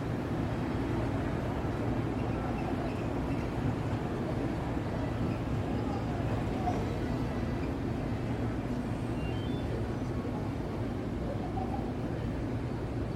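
Night traffic in Midtown New York City forms a steady, dense low rumble that holds an even level throughout. Faint brief tones surface around the middle and again near ten seconds, but no single event stands out from the constant roar.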